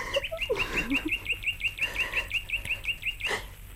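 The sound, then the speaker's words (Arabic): A small sparrow chirps in a fast, steady series of short, high-pitched notes repeating about five times a second, with a few lower, softer calls mixed in at the start, as a girl offers it sugar crumbs from her hand. “أنت بتغني ولا بتبكي زيي؟ تشكر تشكر. تعال يا عصفور يا صغير، خد من إيدي فتفيت السكر.”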